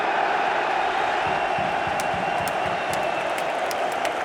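crowd, football fans cheering

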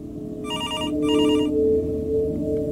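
signal or alarm, telephone ringing

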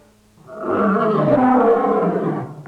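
animal, lion roaring

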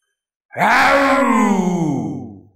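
sound effect, roar

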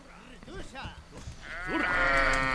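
animal, sheep bleating

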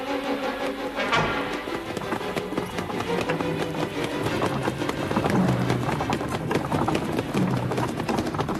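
animal, horse hooves clip-clopping

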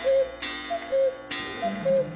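household object, alarm clock ringing

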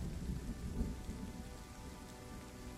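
nature, heavy rain with thunder

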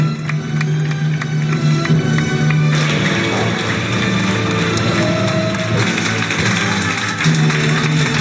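crowd, audience applause

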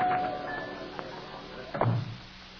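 household object, door opening

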